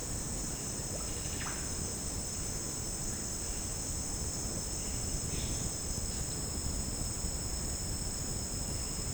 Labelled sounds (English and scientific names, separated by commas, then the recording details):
none
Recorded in dense forest near Puerto Asís, Putumayo, Colombia, on 22 June 2025 at 13:00
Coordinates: 0.499, -76.324
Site G100